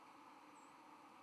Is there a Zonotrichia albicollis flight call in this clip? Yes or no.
no